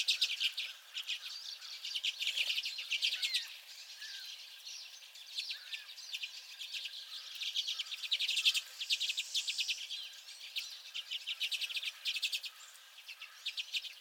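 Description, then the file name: Common redpoll flock calls: a dense, continuous chatter of dry, rapid chit notes from several birds, with occasional short rising whistled notes mixed in. Several common redpolls recorded together with at least one pine siskin. "Common Redpolls and at least one Pine Siskin"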